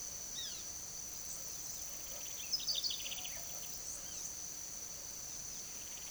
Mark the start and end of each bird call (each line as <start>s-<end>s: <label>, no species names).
0.30s-0.67s: bird call
1.66s-4.40s: bird call
5.17s-6.10s: bird call